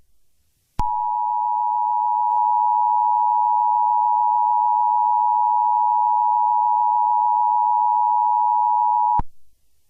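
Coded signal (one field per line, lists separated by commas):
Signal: Emergency Alert System (SAME) tones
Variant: 853 and 960 Hz attention tone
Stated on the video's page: Fictional parody EAS scenario using valid EAS tones.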